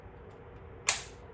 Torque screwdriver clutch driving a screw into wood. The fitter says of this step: You heard that? That was You heard that click?